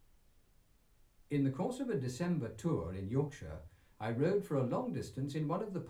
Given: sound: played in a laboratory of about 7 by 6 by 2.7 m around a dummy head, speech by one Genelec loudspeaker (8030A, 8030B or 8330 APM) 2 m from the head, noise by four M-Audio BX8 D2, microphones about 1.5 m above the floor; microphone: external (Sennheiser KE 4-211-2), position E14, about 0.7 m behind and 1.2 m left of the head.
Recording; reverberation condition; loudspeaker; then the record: male speech in English; low; 120 degrees to the right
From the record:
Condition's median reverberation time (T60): about 310 ms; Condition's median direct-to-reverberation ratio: about 3.5 dB